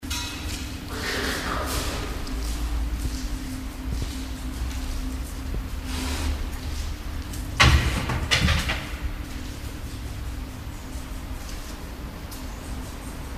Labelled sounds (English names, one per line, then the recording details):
Binturong aggressive call
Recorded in captivity
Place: Zoo Halle, Sachsen-Anhalt, DE
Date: 1997-03-22 16:26
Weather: Schnee bis Regen, um 0°C
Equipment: Sony MD-WM MZ-R3, Sennheiser MKH 416 T, Kopie Uher 4000 Report Monitor
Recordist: Tembrock, Günter